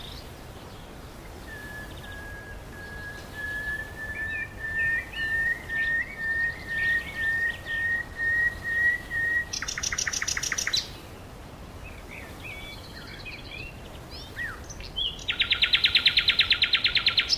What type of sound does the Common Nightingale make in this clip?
song